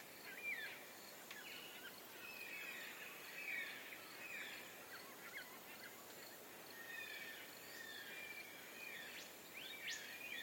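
Early morning soundscape at a river causeway, filled with a steady wash of hiss and many overlapping bird calls. Bright chirps, trills and short whistles come continuously throughout, some rising sharply, with no clear pauses over the ten seconds.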